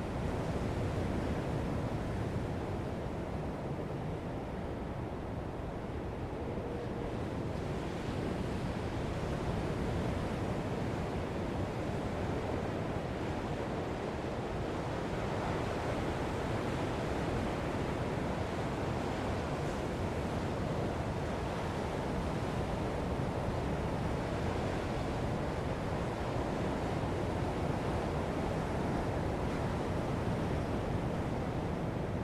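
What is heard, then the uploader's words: Heavy surf roars without pause, a dense, steady wash weighted toward the low end with a softer hiss above. Breakers blur into one continuous rumble, swelling slightly around the middle and later on, while wind noise seems to brush the microphone throughout. Heavy surf at high tide. Late evening at Carolina Beach. Recorded with a Zoom H4N at a high sample rate.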